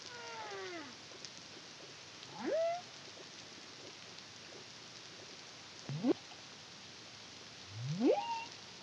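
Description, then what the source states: Humpback whale song: a descending harmonic cry followed by three sharp rising sweeps. Caribbean, CARIMAM project, 2023.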